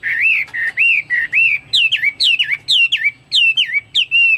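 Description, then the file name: Chinese hwamei song: a quick series of clear, looping whistled notes, each swooping up and down. "omkicau hwamei"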